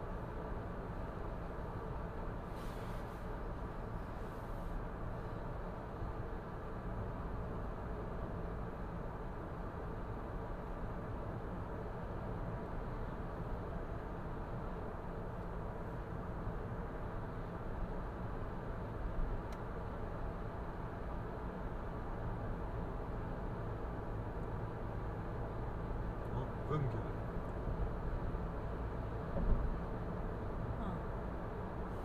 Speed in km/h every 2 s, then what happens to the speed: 80, 78, 78, 78, 77, 77, 77, 77, 78, 78, 77, 77, 77, 78, 78, 79.
0-32 steady at about 78.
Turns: none.